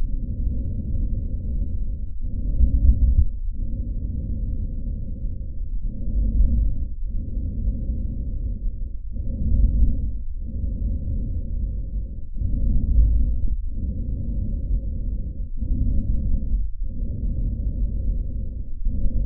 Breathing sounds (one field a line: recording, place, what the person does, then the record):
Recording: lung sounds by stethoscope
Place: trachea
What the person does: quiet breathing, then deep breathing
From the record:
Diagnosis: asthma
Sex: female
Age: 74 years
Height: 155 cm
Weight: 63 kg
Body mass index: 26.2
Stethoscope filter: bell mode